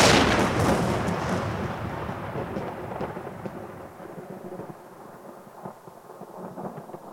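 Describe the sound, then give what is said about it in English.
A huge nuclear blast in Kansas erupts with a sudden roar, then settles into a long, deep rolling rumble that slowly fades, flecked with faint crackles. No voices. “There has been a nuclear explosion in Kansas.”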